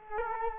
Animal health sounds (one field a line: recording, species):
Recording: mosquito wingbeat signal from an infrared sensor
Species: Culex quinquefasciatus